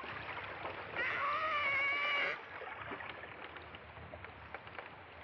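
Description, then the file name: Killer whale call, one loud harmonic squeal held for over a second, slightly wavering, then underwater hiss and faint clicking. Recorded during a killer whale attack on a gray whale, April 2014. "KW attack on gray whale 201404"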